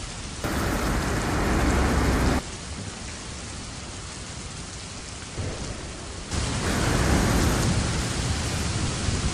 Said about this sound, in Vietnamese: Tiếng sấm chớp vang rền, điên cuồng, gào thét. Một cơn mưa to bất thình lình đổ xuống, giống như một cây roi, quất mạnh vào trong người của Ngũ Liên.